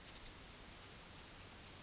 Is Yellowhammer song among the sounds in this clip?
no